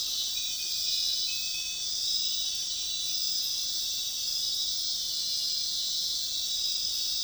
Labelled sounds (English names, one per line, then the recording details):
none
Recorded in dense forest near Puerto Asís, Putumayo, Colombia, on 20 February 2024 at 02:30
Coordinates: 0.502, -76.324
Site G6370